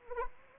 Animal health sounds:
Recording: mosquito wingbeat signal from an infrared sensor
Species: Anopheles arabiensis

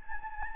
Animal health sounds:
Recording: mosquito wingbeat signal from an infrared sensor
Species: Anopheles gambiae

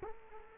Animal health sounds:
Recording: mosquito wingbeat signal from an infrared sensor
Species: Culex quinquefasciatus

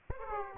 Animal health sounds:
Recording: mosquito wingbeat signal from an infrared sensor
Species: Aedes aegypti

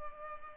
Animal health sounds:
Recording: mosquito wingbeat signal from an infrared sensor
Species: Culex pipiens

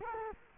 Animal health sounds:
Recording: mosquito wingbeat signal from an infrared sensor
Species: Culex quinquefasciatus

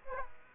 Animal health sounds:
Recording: mosquito wingbeat signal from an infrared sensor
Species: Aedes aegypti

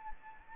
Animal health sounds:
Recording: mosquito wingbeat signal from an infrared sensor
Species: Anopheles arabiensis

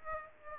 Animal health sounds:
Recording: mosquito wingbeat signal from an infrared sensor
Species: Aedes aegypti

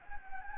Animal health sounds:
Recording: mosquito wingbeat signal from an infrared sensor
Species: Anopheles gambiae

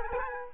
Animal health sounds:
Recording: mosquito wingbeat signal from an infrared sensor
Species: Culex quinquefasciatus

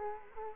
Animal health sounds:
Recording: mosquito wingbeat signal from an infrared sensor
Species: Culex quinquefasciatus

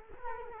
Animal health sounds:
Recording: mosquito wingbeat signal from an infrared sensor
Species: Culex quinquefasciatus

